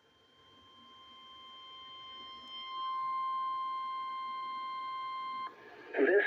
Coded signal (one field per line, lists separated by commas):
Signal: Emergency Alert System (SAME) tones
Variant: 1050 Hz attention tone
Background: speech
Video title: EAS- NWR VEF Required Weekly Test over WXL36 (1/8/25)